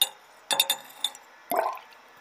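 A few quick glassy clinks ring out, followed by a short burst of blood being poured into a glass measuring cylinder to be divided into portions. Faint, with no voices.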